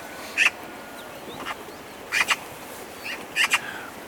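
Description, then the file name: Eurasian magpie calling with dry, rattling double chak notes, three loud pairs and a couple of fainter ones, irregularly spaced over faint background noise. "Pica pica"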